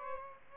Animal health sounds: mosquito wingbeat signal from an infrared sensor; Aedes albopictus

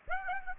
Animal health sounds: mosquito wingbeat signal from an infrared sensor; Aedes aegypti

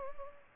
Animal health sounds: mosquito wingbeat signal from an infrared sensor; Culex pipiens

